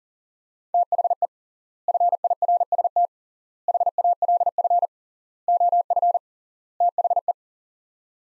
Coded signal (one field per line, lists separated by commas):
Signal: Morse code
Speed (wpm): 38 wpm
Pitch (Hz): 700 Hz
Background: none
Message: THE FIRST HALF OF THE